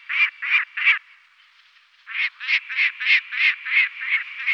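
Lanner falcon uttering three loud rasping notes, a brief silence, then a run of about eight harsh, evenly spaced calls.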